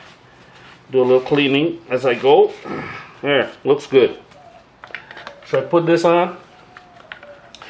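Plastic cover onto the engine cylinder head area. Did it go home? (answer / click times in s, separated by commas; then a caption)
yes / 7.1 s. A plastic cover is fitted onto the engine cylinder head area of a 2016 BMW R1200RS during a valve clearance check, hooked onto a small tab at the back and pushed in while someone talks. Short handling taps follow around 4.8 to 5.4 seconds, then the cover snaps into place with a sharp click at the front at 7.1 seconds, seated.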